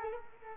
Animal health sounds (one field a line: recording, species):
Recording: mosquito wingbeat signal from an infrared sensor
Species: Culex quinquefasciatus